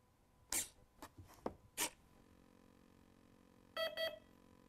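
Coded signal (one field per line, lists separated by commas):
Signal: beep code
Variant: FMS airplane ESC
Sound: a few handling clicks and thumps, then two short buzzy beeps in quick succession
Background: handling noises, small room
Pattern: 2 short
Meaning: ESC has registered full throttle; lower the throttle stick to the bottom now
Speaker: start listen for the tones within here those are the tones I just dropped it to low okay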